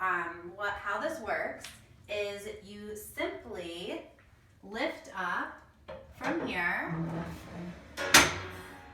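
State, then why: Seated. Someone talks while lifting up the wooden top of a wall-mounted fold-down laundry table. At 8.2 s the table's folding support brackets lock open with a single sharp click, showing the brackets have clicked into place and are holding up the top.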